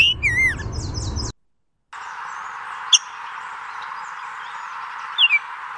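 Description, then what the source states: Rose-breasted grosbeak calls: a brief warbled song fragment opens, then after a silent gap two isolated sharp, squeaky chink notes sound well apart over steady hiss. Chink call and song.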